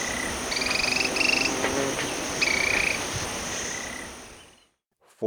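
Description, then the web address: Yellow tyrannulet giving a few fast, pulsed trills over a steady insect drone; the sound fades out near the end. Ecuador. "Natures Songs S America Birds of Ecuador Yellow Tyrannulet"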